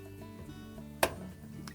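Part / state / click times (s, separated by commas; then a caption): lower spray arm lock nut onto dishwasher manifold hub / seated / 1.0 s. On a Whirlpool dishwasher, the lower spray arm is set flush on the center mount, and its plastic lock nut is gripped at opposite ends and turned about an eighth of a turn clockwise onto the manifold hub. A sharp click at 1.0 s shows the nut locking in place, followed by a fainter tick at 1.7 s over a steady background hum. The spray arm is now seated.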